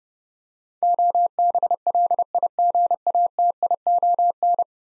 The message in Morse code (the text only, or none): OBLIGATION